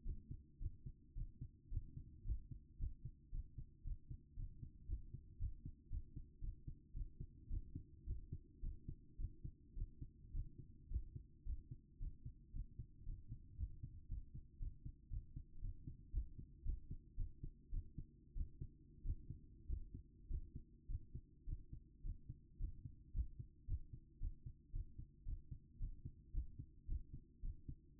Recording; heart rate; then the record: heart sounds by stethoscope; 110 bpm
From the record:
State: after exercise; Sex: female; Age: 27 years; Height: 169 cm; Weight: 63 kg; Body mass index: 22.06